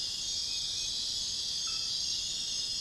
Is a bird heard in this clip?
no